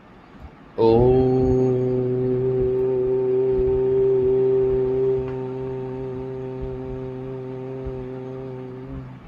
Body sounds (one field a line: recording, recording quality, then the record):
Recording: sustained vowel as in boot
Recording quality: moderate, slight background noise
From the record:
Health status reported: healthy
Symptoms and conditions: asthma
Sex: male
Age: 32 years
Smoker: yes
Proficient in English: yes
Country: India